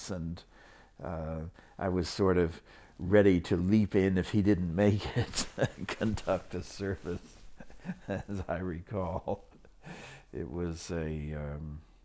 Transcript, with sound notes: And uh, I was sort of ready to leap in if he didn't make it [Laughs] conduct the service, as I recall. It was a uhm,